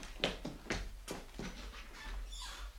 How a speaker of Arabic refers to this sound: أنصتي، إنني أسمع وقع أقدام.